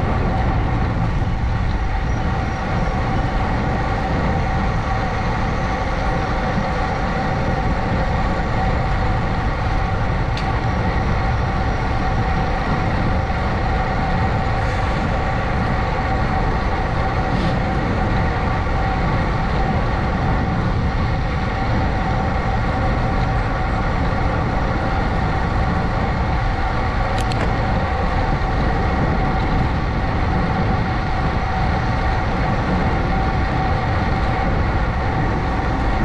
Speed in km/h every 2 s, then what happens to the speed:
27, 27, 27, 29, 27, 29, 29, 29, 29, 29, 29, 29, 29, 31, 31, 31, 31, 31.
0-36 steady at about 29.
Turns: none.